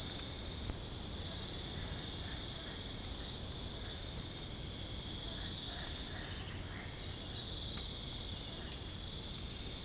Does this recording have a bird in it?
no